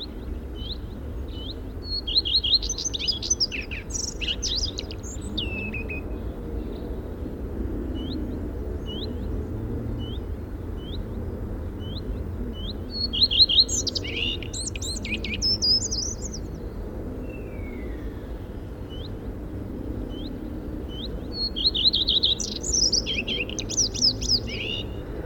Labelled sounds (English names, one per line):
Common Redstart